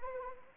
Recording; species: mosquito wingbeat signal from an infrared sensor; Anopheles arabiensis